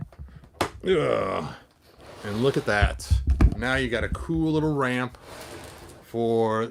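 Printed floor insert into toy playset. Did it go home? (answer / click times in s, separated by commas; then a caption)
yes / 0.6 s. The final version of a 3D-printed plastic floor insert, resized after an earlier one was too tight, is pressed into a toy playset and snaps in with a sharp click at 0.6 s, after a few faint taps. It is seated, and then someone talks.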